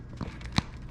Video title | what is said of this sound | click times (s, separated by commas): XK A210 T-28 TROJAN RC RTF AIRPLANE | he that little click that was better now it's hooked up that's all it takes | 0.6 s